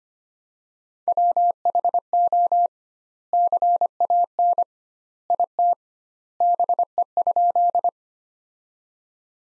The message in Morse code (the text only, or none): WHO CAN IT BE?